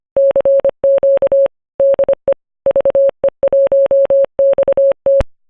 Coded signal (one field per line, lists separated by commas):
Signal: Morse code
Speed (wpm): 25 wpm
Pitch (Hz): 550 Hz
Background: none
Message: CQ DE VE1XT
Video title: AcuRite 06004M 5 in 1 Weather Station Unboxing